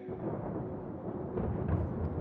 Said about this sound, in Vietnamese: Bầu trời bỗng nổi lên mấy tiếng sấm khang, tiếng sét vừa vang lên